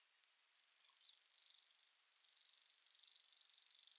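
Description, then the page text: Common grasshopper warbler reel, a fast, high ticking trill that begins softly and steadily grows louder over four seconds. "Голос птицы - Обыкновенный сверчок"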